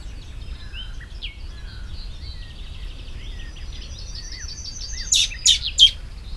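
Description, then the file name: Common blackbird giving three harsh calls at the close, following varied high whistles and twitters from other birds over faint low noise. "Turdus merula"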